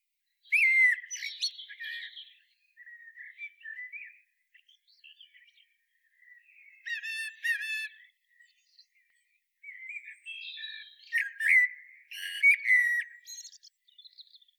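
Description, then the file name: Common blackbird song of several phrases mixing mellow whistled notes with high chattering twitters, separated by short gaps. "Turdus merula"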